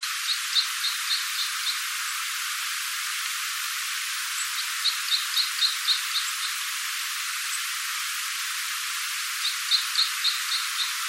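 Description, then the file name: Red crossbill calls: short, high, clipped notes in quick runs of several, separated by pauses of a few seconds, over a steady hiss. "isuka"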